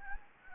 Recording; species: mosquito wingbeat signal from an infrared sensor; Anopheles gambiae